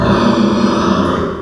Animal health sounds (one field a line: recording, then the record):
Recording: squeal of a Yucatan mini pig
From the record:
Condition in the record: after surgery on the right vocal fold (resection and tissue-engineered implant)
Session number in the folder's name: 15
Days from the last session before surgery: 175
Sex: female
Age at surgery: 19 weeks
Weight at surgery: 25 kg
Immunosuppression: prednisolone